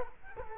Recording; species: mosquito wingbeat signal from an infrared sensor; Culex quinquefasciatus